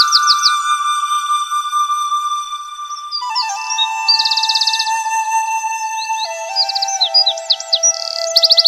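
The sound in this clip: Bird song with trilled, rapidly repeated notes and whistled phrases, layered over steady tonal lines that step down in pitch.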